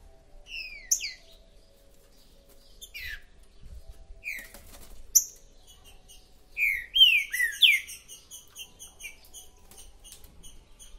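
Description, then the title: Green-winged saltator singing loud slurred whistles in short bursts, ending in a rich run of swooping notes followed by faint, rapid, high repeated ticks. Chirping, singing and territorial calling, played to warm up a saltator for a singing competition. "Esse É PERFEITO Para ESQUENTAR Seu TRINCA Piando, Cantando E Macheando Na DISPUTA"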